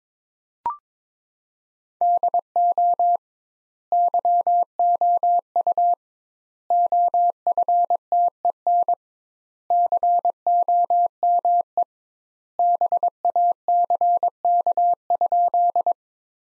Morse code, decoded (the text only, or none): DO YOU OFTEN COME BACK?